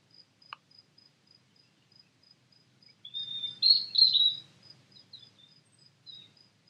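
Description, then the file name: European robin giving a brief high, silvery warbled phrase, with a few fainter notes after it, while a faint high ticking repeats steadily throughout. "Erithacus rubecula"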